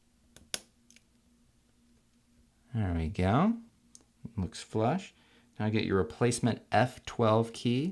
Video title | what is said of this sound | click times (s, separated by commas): f12 key replacement on the 13" Macbook Pro Unibody Core 2 Duo 2.26 Ghz | to push down on each side until it snaps into place all | 0.4 s, 0.5 s